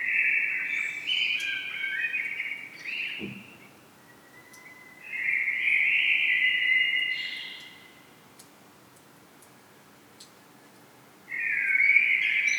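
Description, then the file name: Common blackbird giving three fluting warbled phrases with quiet gaps between them, plus a single low thump early on. "Turdus merula"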